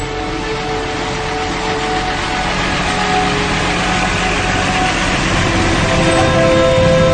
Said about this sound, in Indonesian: Tak lama kemudian, mobil pun berangkat.